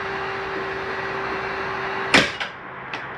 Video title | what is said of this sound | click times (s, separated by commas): XLR Boost 29QBX Orientation | you'll hear it click in and click onto that metal bar right up in there | 2.1 s